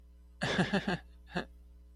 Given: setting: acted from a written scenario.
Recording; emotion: vocal sound without words; embarrassment